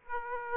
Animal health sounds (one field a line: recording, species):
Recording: mosquito wingbeat signal from an infrared sensor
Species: Aedes aegypti